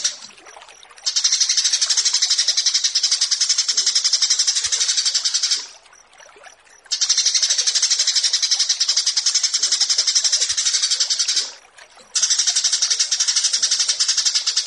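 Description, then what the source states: Horsfield's bush lark repeating long phrases of fast, harsh, buzzy pulses, separated by short gaps. Song tutoring (masteran) recording for training kept birds.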